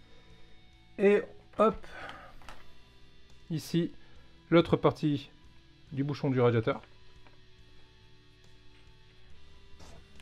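Someone talks while holding the two plastic halves of a model car kit's radiator cap and lining them up, with a few faint handling ticks between the words. The halves are meant to clip into each other with force, but nothing has clipped together yet.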